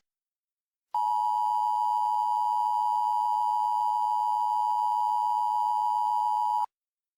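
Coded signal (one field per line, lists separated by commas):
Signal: Emergency Alert System (SAME) tones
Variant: 853 and 960 Hz attention tone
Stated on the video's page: Fictional mock EAS alert, voiced, with Creative Commons sound effects.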